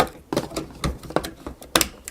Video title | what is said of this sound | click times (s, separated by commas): Je MONTE un PC GAMER à 700€ pour l'été 2020 (Test sur Fortnite, Valorant, R6S, Warzone, Apex) | Vous clipsez au bout. | 1.8 s